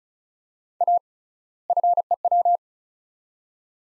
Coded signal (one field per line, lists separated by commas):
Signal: Morse code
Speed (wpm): 34 wpm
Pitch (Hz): 700 Hz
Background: none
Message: A FEW